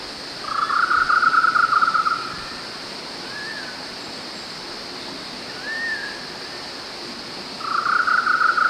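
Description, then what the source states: Golden-naped barbet giving a rapid, even trill of pulsed notes, about one and a half seconds long, heard twice, the second cut off at the end, with a few faint upslurred notes between and a steady high insect hiss. 1 March 2008.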